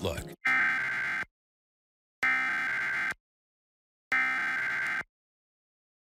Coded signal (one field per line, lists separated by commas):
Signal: Emergency Alert System (SAME) tones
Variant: header bursts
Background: speech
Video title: WFMZ-AW Emergency Alert System - National Periodic Test (October 4, 2023)